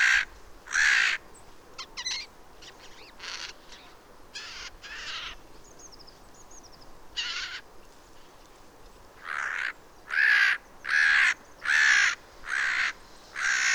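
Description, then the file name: Eurasian jay screeching harshly: a loud rasping call early on, softer screeches in the middle, then a steady series of several loud grating screeches near the end, with other birds chirping softly between them. "Garrulus glandarius"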